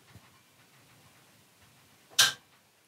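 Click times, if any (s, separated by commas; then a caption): 2.2 s. An adjustable torque driver with a 4 mm bit tightens a bicycle bolt that was first run in gently by hand. After quiet, faint handling sounds, the driver's clutch gives a single sharp, bright click at 2.2 s. This marks that the preset torque has been reached, and the bolt should be turned no further.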